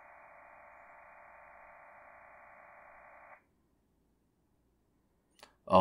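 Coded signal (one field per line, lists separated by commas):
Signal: MT63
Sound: dense steady hissing warble for three seconds, then silence, a click, and a voice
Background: speech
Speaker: i have some acoustic coupling going with another station that's running fl digi and we're going to basically pass a custom form that i've created called points of interest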